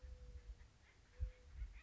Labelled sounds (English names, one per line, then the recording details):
Mourning Dove
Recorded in Sonoma County, California